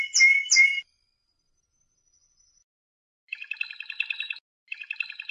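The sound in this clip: Domestic canary singing two sharp whistled notes, a pause of silence, then two bursts of dense, rapid, buzzy trilling.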